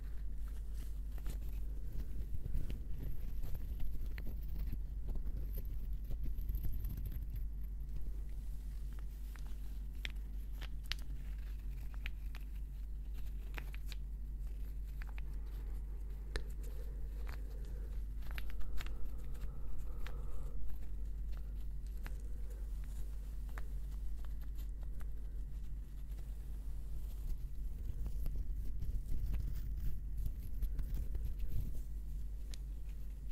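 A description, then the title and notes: Gentle tapping and scratching on wood, a steady stream of small, soft clicks and rubbing sounds over a constant low hum. The taps bunch up more densely near the start and again toward the end, with a faint high whine early on. ASMR gentle Wood Triggers - tapping & scratching.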